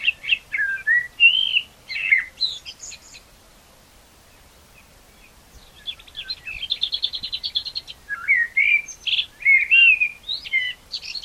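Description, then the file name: Common blackbird song: fluted, warbling whistled phrases ending in high squeaky notes, a pause, then a rapid even series of high dry notes and more warbled phrases. "Turdus merula"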